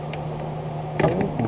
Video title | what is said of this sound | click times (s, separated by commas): Power Brake Booster R&R Toyota 4Runner | Okay, once you hear the click, it's torqued. | 1.0 s